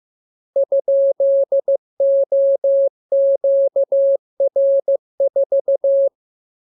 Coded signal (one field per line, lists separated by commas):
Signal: Morse code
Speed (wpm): 15 wpm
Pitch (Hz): 550 Hz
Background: none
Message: ?OQR4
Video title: Learning Morse Code. Lesson 38. Letter KMURESNAPTLWI.JZ=FOY,VG5/Q92H38B?47C1D6